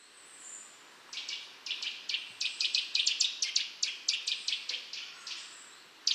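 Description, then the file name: Eurasian nuthatch giving a rapid series of sharp, clipped high calls, about five each second, with a faint high hiss in the background. "Sitta europaea"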